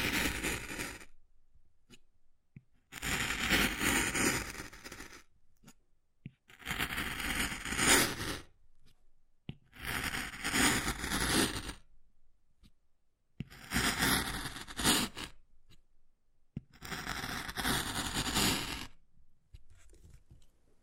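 Wood carving sounds come in six rough, scratchy bursts, each lasting about one to two seconds, separated by short silences. The scraping strokes are dense and gritty across low and bright ranges, with faint clicks and taps in the quiet gaps.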